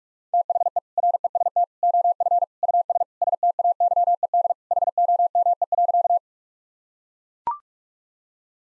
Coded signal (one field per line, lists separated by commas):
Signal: Morse code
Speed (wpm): 41 wpm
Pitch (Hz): 700 Hz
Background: none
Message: THE REST OF US STAYED HOME.